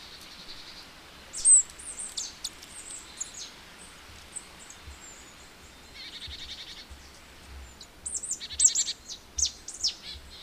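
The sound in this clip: Marsh tit calls: thin high sharp notes and scattered chips, with two quick buzzy rattling series, over a faint low rumbling background.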